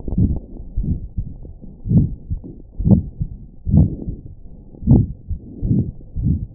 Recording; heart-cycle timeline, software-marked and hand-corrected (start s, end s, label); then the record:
heart sounds
0.00	0.12	diastole
0.12	0.24	S1
0.24	0.35	systole
0.35	0.42	S2
0.42	0.81	diastole
0.81	0.93	S1
0.93	1.15	systole
1.15	1.25	S2
1.25	1.89	diastole
1.89	2.10	S1
2.10	2.27	systole
2.27	2.36	S2
2.36	2.84	diastole
2.84	3.00	S1
3.00	3.17	systole
3.17	3.28	S2
3.28	3.69	diastole
3.69	3.90	S1
3.90	4.04	systole
4.04	4.16	S2
4.16	4.88	diastole
4.88	5.05	S1
5.05	5.29	systole
5.29	5.36	S2
5.36	5.67	diastole
5.67	5.83	S1
5.83	6.01	systole
6.01	6.03	S2
6.03	6.20	diastole
6.20	6.35	S1
6.35	6.38	systole
6.38	6.45	S2
6.45	6.55	diastole
From the record:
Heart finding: aortic stenosis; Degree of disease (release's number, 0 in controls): 4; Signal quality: good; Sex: female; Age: 77 years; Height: 1.55 m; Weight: 62 kg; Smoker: no